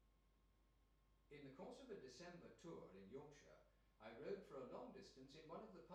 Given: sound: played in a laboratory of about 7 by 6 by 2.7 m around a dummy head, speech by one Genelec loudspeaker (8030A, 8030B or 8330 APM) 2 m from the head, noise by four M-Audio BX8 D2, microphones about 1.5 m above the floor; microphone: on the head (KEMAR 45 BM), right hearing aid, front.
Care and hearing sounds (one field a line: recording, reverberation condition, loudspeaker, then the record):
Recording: male speech in English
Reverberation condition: medium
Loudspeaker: 120 degrees to the left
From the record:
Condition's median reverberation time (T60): about 510 ms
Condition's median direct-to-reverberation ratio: about -0.5 dB